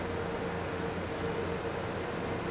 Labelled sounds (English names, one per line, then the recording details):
none
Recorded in pastures near Puerto Asís, Putumayo, Colombia, on 4 March 2025 at 12:30
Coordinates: 0.466, -76.322
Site CSA-02